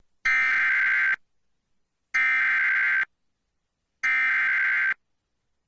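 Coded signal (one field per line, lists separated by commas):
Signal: Emergency Alert System (SAME) tones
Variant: header bursts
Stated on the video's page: Off-air EAS captures from Laredo, Texas stations, including flash flood and severe thunderstorm warnings, with interference, echoes, a failed activation and poor audio.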